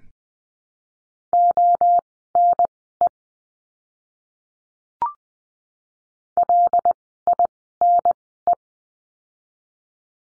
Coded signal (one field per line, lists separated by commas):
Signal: Morse code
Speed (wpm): 20 wpm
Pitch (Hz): 700 Hz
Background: none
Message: ONE LINE